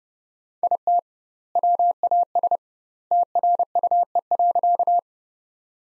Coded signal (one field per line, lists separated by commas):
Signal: Morse code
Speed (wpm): 32 wpm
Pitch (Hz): 700 Hz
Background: none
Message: IT WAS TRUE.